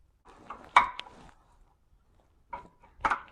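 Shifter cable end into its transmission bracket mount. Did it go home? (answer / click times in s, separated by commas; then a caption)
yes / 0.8 s. A small shifter cable end is pushed back onto its bracket mount on a 4L60e transmission of a 1999–2007 Silverado during a transmission service. After a few faint taps and rustles, a sharp snap at 0.8 s marks the cable end seating in place, followed by more handling noises near 2.5 s and 3.1 s.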